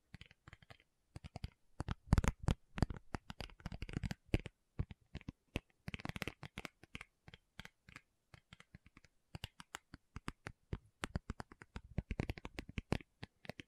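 Tapping with no talking: dense, irregular bursts of sharp clicks and taps, busiest around two to six seconds, then sparser crisp strikes.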